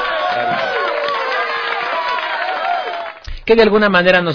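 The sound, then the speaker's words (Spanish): A dense crowd roars and cheers for about three seconds, applauding journalists on the Day of the Journalist during a Radio Casa de la Cultura broadcast, many voices overlapping in a loud, steady swell, then cuts off as a single man starts speaking. “No se tiene aplausos o apláudame desde ahí.”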